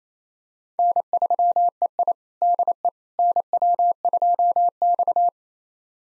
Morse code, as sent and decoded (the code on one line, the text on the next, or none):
-. ...-- . .. / -.. . / -. .-- ..--- -..-
N3EI DE NW2X